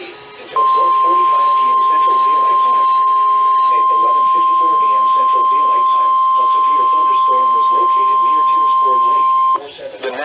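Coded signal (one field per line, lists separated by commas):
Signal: Emergency Alert System (SAME) tones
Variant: 1050 Hz attention tone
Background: speech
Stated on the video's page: NOAA Weather Radio alerts.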